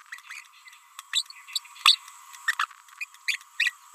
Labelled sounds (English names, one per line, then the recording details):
Green-rumped Parrotlet babbling
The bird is a male
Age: 30 days
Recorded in a nest box in Venezuela
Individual 17B31A1